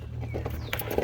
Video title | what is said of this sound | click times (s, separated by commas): How to install Diode Dynamics ss3 pods or any other LED Pods on a First Gen Tundra. | it didn't have an audible click this one did you just barely hear it probably not on camera but i was able to hear it in person | 0.7 s